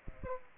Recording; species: mosquito wingbeat signal from an infrared sensor; Aedes aegypti